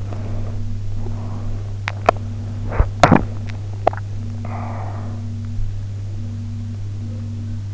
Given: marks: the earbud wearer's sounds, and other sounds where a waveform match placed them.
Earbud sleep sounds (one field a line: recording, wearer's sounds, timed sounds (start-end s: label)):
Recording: sounds in sleep by an in-ear microphone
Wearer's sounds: breath, teeth grinding, swallowing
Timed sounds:
0.04-1.79 s: breath
2.31-3.65 s: teeth grinding
3.69-4.42 s: swallowing
4.42-5.45 s: breath